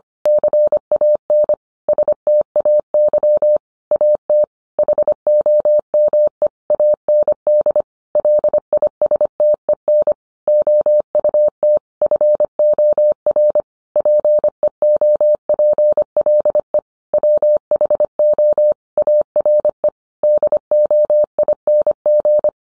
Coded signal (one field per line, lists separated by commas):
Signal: Morse code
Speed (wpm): 25 wpm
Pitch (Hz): 600 Hz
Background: none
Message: CAN STAY AT HOME AND LISTEN OUT FOR PEOPLE WHO ARE DOING